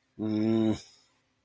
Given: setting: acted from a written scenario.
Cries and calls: vocal sound without words; sympathy

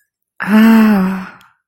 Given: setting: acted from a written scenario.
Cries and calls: vocal sound without words; contentment

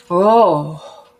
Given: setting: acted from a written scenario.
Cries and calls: vocal sound without words; relief

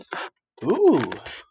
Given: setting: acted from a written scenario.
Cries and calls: vocal sound without words; interest

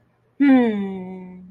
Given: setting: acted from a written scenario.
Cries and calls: vocal sound without words; pride

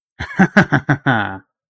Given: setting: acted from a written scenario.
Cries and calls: vocal sound without words; triumph

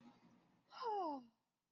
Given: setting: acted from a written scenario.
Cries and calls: vocal sound without words; contentment

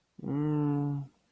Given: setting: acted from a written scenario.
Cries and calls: vocal sound without words; embarrassment

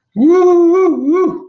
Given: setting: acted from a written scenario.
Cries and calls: vocal sound without words; elation

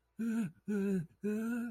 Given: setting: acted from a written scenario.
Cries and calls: vocal sound without words; distress

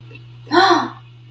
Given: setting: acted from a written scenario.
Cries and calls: vocal sound without words; negative surprise

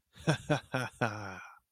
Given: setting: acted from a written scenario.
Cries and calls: vocal sound without words; triumph

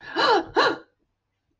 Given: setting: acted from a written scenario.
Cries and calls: vocal sound without words; fear

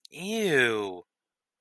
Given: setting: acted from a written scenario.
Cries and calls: vocal sound without words; disgust

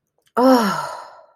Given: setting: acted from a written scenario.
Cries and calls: vocal sound without words; relief

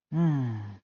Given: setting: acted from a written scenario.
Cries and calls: vocal sound without words; serenity

